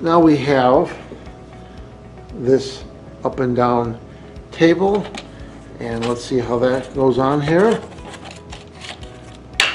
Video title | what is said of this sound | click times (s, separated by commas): Zealtron Digital Microscope with 4.3'' LCD Screen 50X up to 1000X, 1080P Video, 8 LED Lights REVIEW | and that slides and locks in place also let's | 9.6 s